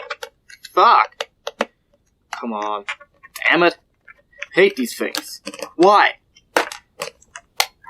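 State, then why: Seated. Someone talks while pressing the plastic battery compartment cover of a cheap handheld game console shut by hand instead of using its screw, with scattered small clicks and taps along the way. The cover snaps into place with a sharp click at 7.6 s.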